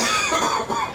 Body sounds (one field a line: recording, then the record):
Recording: coughing mixed with background sound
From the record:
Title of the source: Spring Cold Coughing 2